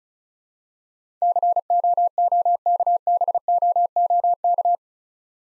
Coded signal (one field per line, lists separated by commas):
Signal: Morse code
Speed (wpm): 36 wpm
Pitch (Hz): 700 Hz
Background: none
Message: COOKBOOK